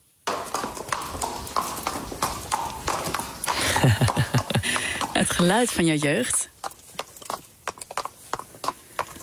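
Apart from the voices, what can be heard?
horse hooves clip-clopping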